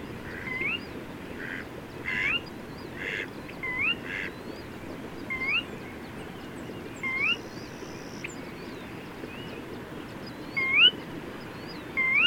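Bird repeating a short rising whistle at irregular intervals, interrupted by a few noisy bursts and a brief flat tone midway, over steady background hiss.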